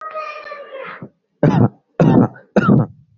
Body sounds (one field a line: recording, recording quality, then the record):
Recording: heavy voluntary cough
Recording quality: excellent, no background noise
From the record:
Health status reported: healthy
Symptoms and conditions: none ticked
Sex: male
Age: 28 years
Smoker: not ticked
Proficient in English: yes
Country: India